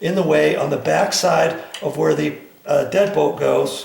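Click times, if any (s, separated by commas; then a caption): none. Someone talks while handling a door deadbolt at a strike plate that has been moved closer, checking that no wood is in the way behind the bolt hole in the frame. No click is heard, and the deadbolt has not yet clicked home in the adjusted strike.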